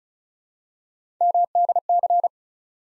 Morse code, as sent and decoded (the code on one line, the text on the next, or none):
-- -.. -.-.
MDC